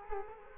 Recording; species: mosquito wingbeat signal from an infrared sensor; Culex quinquefasciatus